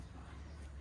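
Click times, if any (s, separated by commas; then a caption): none. A Brezza car seat is folded, pulled slightly and brought together from one side toward its lock during a fix for seat squeak and creak noise, with a steady low rumble throughout. Nothing has seated or clicked yet.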